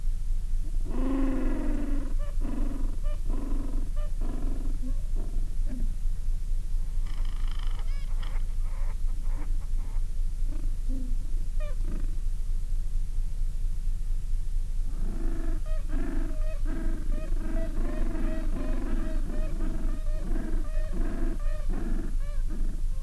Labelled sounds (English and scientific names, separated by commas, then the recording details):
Gentoo Penguin (Pygoscelis papua)
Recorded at the colony at Almirante Brown, Antarctica, on 14 December 2015
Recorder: Song Meter SM2+